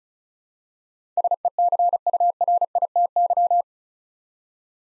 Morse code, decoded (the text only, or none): SECURITY